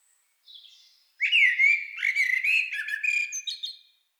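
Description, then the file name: Common blackbird singing one phrase: a soft high note, then a loud mellow fluted warble sliding around mid pitch, finishing in thin squeaky twitters. "Turdus merula"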